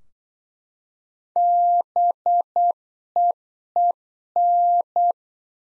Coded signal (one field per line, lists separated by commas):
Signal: Morse code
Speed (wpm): 8 wpm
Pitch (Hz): 700 Hz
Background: none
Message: BEEN